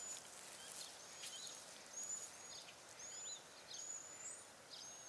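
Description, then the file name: Cedar waxwing calls: several very high, thin, drawn-out whistles, one rising at the end, over constant background hiss. "Bombycilla cedrorum - Cedar Waxwing"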